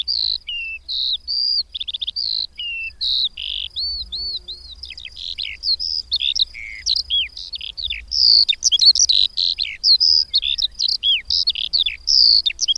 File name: Mezei pacsirta